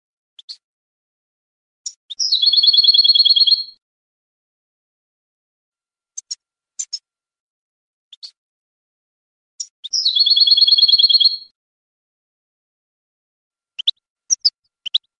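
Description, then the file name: European goldfinch song: sparse high chips and twitters around two buzzy, rattling trills, each about a second and a half, repeated roughly eight seconds apart over a silent background. "audio burung goldfinch"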